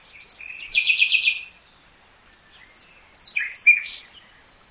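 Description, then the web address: Common nightingale song: a fast rattling trill of repeated notes, a pause, then a jumble of sharp varied chirps. "SETE data Luscinia megarhynchos"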